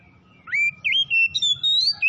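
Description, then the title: Oriental magpie-robin song: a rising whistled sweep, then sustained sliding notes that step higher and dip again, rich and clear, over a soft low hum. "Kacer Tretes"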